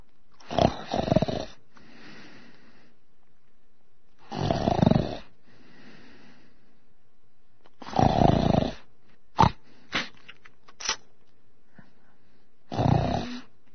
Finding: Snoring sound fx.